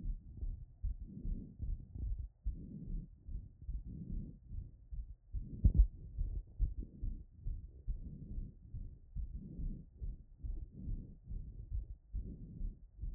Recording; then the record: heart sounds by stethoscope after running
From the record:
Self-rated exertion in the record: light exertion (2 of 6); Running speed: 6 mph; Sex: female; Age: 24 years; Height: 163 cm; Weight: 52 kg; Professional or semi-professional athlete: no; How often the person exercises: 1 to 2 times a week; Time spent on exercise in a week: under 1 hour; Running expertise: no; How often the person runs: 1 to 2 times a week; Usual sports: interval training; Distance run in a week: 5 km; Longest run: 3 km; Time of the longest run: 30 minutes